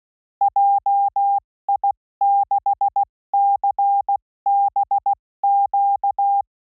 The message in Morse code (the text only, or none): JI6CBQ